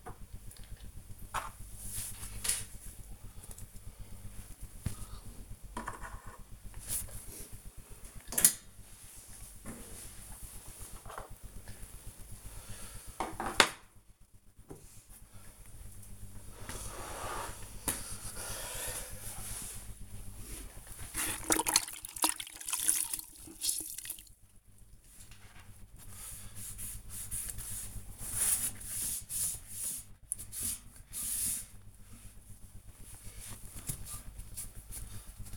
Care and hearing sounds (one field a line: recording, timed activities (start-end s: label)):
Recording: household activities, microphone on the right wrist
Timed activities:
0.00-35.57 s: cleaning the cupboard